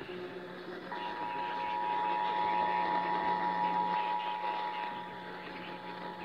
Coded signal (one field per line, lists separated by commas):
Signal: Emergency Alert System (SAME) tones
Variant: 853 and 960 Hz attention tone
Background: speech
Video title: Oklahoma and Tennessee's RMT | EAS #603-606